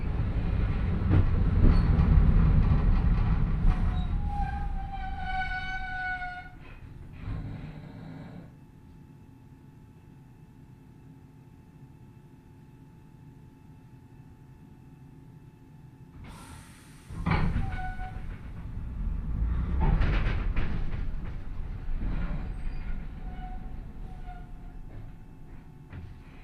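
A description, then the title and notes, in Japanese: A train with nose-suspended traction motors gives off a strong whining growl. The roar is loud for the first seven seconds with rising tones, drops to a quiet hum midway, then returns near sixteen seconds with sharp bangs and renewed rumbling and whine. 万葉線 高岡駅→越ノ潟。電車は吊りかけモーターなので中々の唸りをあげています。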